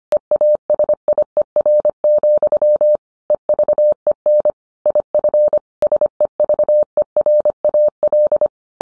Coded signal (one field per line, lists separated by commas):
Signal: Morse code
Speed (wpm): 25 wpm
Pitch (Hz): 600 Hz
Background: none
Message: EASIER, EVEN IF SEVERAL